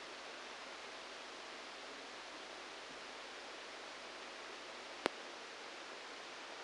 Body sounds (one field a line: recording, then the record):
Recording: brain microelectrode recording played as sound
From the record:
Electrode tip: outside the subthalamic nucleus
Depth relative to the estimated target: -3 mm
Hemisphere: right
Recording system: NeuroSet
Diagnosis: Parkinson's disease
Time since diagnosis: 9 years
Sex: male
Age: 56 years